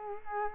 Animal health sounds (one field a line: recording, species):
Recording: mosquito wingbeat signal from an infrared sensor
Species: Culex quinquefasciatus